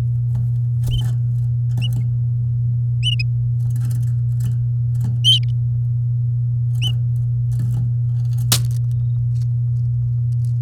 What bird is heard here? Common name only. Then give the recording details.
Domestic Canary. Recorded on 8 May 2018 at 09:19. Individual llb16